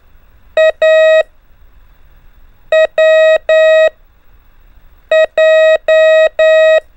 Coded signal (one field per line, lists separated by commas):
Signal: Morse code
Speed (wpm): 10 wpm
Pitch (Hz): 630 Hz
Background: none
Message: A W J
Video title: 3. ( A - W - J ) EASY TO LEARN MORSE CODE BY GROUPINGS W/ INCREASING SPEED 5 MINS A DAY